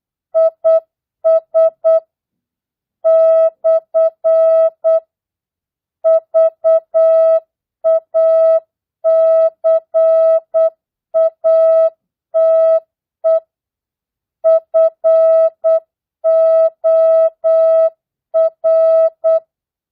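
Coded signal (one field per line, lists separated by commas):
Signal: Morse code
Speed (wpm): 8 wpm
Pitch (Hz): 650 Hz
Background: music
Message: IS / VACATE FOR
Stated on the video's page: Morse practice at 8 wpm, non-Farnsworth, mixed words, numbers and punctuation.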